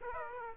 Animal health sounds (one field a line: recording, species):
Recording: mosquito wingbeat signal from an infrared sensor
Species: Aedes aegypti